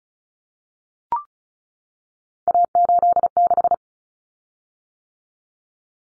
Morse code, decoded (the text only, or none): A86